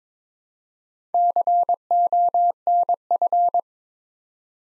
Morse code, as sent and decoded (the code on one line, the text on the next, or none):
-.-. --- -. ..-.
CONF